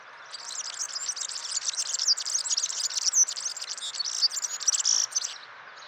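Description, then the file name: European serin song: an unbroken stream of very high, tinkling, buzzy notes that rises and falls in loudness for roughly five seconds. "gulhampling"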